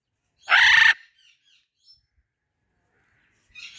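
Macaw gives one loud, grating squawk lasting about half a second, followed by near silence and a faint raspy sound at the end.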